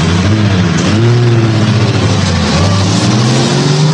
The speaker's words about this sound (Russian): Да вы на площадь загляните. Там машины.